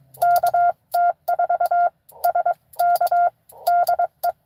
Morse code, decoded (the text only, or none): KT4SK DE